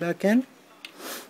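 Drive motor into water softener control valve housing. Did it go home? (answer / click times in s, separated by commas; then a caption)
yes / 0.9 s. Someone talks briefly as a drive motor is pushed back into the plastic housing of a water softener control valve. A single sharp click sounds at 0.9 s as the motor snaps into place and seats.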